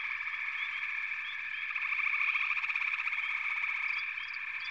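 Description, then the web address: High, continuous frog chorus of pulsing trills; the sound builds toward the middle, with a few sharper chirps near the end. "Natures Songs Sleep Sounds of Nature FROGS Frog Chorus"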